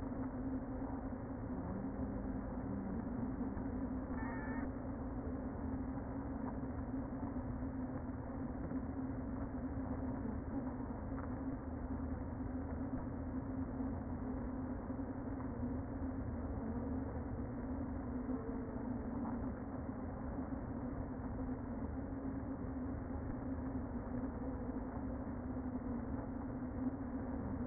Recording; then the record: honeybee colony, microphone inside the hive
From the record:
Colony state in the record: queen present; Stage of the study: before two queens were removed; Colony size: about 60,000 bees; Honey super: yes